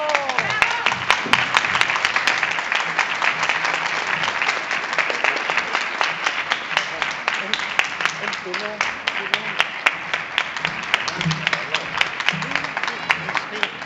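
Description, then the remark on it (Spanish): A theatre audience applauds the performers of the sainete El Diablo a las Puertas del Cielo by Aragonese author Alberto Casañal, staged by La Peonza, in a dense, steady wash of clapping that holds for the whole stretch, with a few sharper individual claps and faint voices mixed in. “Bueno, ahí están recibiendo los aplausos.”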